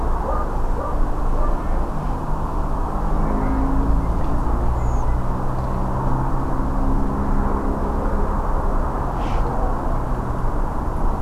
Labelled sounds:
Redwing

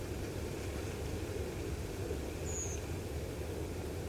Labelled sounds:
Redwing

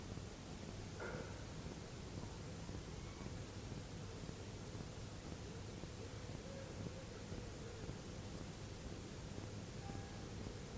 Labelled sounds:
none

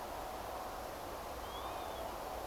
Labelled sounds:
Northern Lapwing

